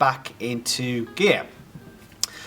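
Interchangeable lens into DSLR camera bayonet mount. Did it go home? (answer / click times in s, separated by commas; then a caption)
yes / 2.2 s. An interchangeable lens, lined up dot-to-dot with a DSLR camera's bayonet mount, is turned clockwise until it locks. Someone talks for the first moments, then a single sharp click is heard at 2.2 s as the lens snaps into place on the mount and is seated.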